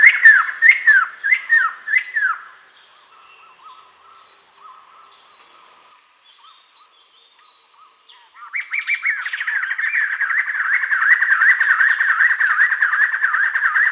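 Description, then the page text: White-necked laughingthrush calls, a burst of loud repeated notes, a quieter lower chatter, then a long run of rhythmic, wavering notes with a faint high tone above. "White-Necked Laughingthrush Call. Quick Sounds"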